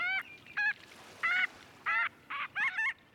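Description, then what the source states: Marbled Godwit calls: several short, nasal, honking notes with rich harmonics, spaced irregularly over about three seconds. Large flock at a mudflat; migrating north after wintering along the coasts, including the Texas Gulf Coast and Pacific from California to Washington; most breed in Canada's prairie provinces.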